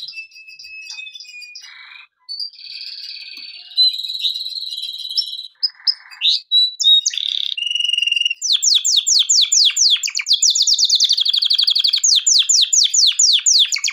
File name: canary